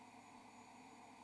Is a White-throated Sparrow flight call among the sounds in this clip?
no